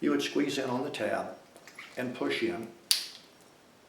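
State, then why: Seated. Someone talks while the hose end of a Yamaha marine-style quick-connect fuel fitting from an extended run time fuel kit is pushed, with the tab squeezed, onto the fuel inlet fitting of a GenMax GM9000iED generator; the generator and tank end fittings are identical. A single sharp click at 2.9 s marks the fitting snapping into place, and it is seated.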